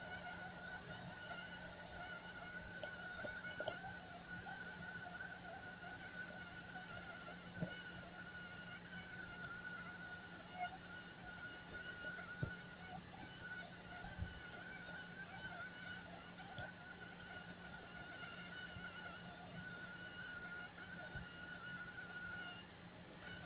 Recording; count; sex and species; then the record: mosquito flight sound in a plastic cup; one mosquito; male Aedes aegypti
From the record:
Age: 5 days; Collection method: larva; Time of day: 15:31